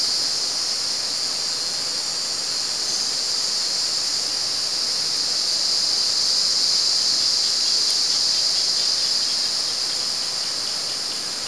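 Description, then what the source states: High cicada buzz over a noisy hissing background, growing slightly stronger midway and staying fairly even. At San Ramon.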